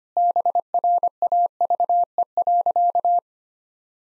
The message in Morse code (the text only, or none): BRAVE.